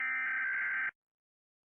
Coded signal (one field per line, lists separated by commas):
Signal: Emergency Alert System (SAME) tones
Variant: header bursts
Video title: Eas alarm